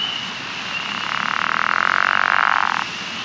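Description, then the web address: True frogs: frog calls forming a dense buzzing band that swells for about two seconds and then stops sharply, over a steady high hum and low background noise. "Ranidae"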